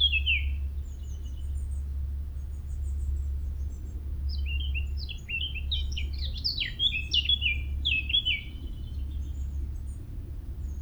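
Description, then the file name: Eurasian blackcap song: a short note, a pause, then a rapid, scratchy, varied warble of short high notes, over a steady low hum. "Sylvia atricapilla"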